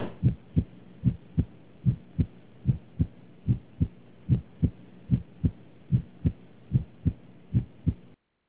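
Normal heart sounds of an adult, heard through a stethoscope.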